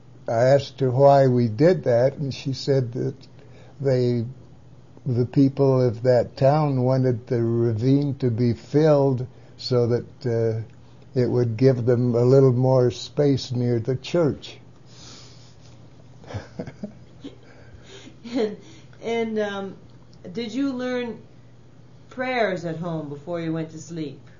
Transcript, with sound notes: I asked her why we did that and she said that -they—the people of that town wanted the ravine to be filled so that -uh-- it would give them a little more space near the church. (laughs)
-and uh—did you learn prayers at home before you went to sleep?